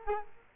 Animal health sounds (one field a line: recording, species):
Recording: mosquito wingbeat signal from an infrared sensor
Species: Culex quinquefasciatus